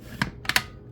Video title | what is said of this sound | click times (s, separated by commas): Fix Shark Cordless Vacuum - Prepper Repairs | it snaps right into place here | 0.2 s, 0.5 s, 0.6 s